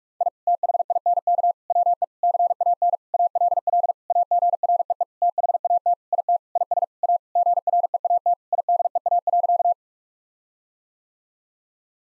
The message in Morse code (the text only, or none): I THINK WE CAN ALL AGREE THAT IT IS A GREAT IDEA.